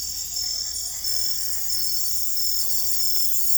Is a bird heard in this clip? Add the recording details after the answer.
no. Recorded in secondary vegetation near Puerto Asís, Putumayo, Colombia, on 16 December 2024 at 21:30. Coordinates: 0.468, -76.324. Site G095